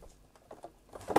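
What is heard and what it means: A target drive is slotted into the front slot of a drive cloning docking station, with a few small contact sounds around 0.4, 0.5, 0.6 and 1.0 seconds. A louder final hit at 1.2 seconds marks the drive seating in the dock.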